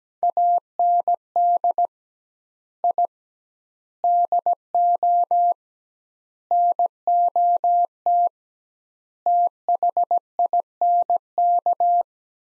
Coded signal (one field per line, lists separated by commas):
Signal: Morse code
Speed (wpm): 17 wpm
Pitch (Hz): 700 Hz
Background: none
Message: AND I DO NOT THINK